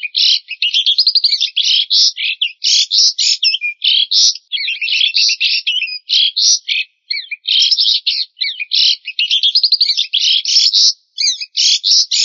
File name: suara burung jalak suren atau uren